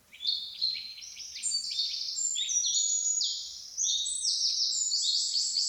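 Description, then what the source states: Birds twittering in a continuous stream of high chirps and short whistled notes. Birds singing in a forest in the morning.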